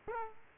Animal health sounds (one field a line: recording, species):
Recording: mosquito wingbeat signal from an infrared sensor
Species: Culex quinquefasciatus